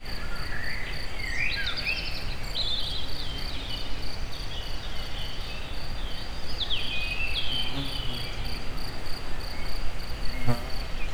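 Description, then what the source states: Insects chirping in a steady, fast high-pitched pulse train throughout, with birds twittering and chattering over a constant low rumble. Insect sounds recorded in nature at very close range at the Eger tourist house (Egerturistaház).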